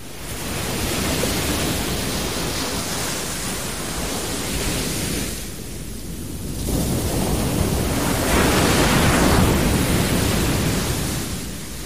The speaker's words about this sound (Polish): Dziś zapraszam Państwa na plażę, ale przede wszystkim zapraszam Państwa w miejsce, gdzie pięknie słychać rzeczone morze.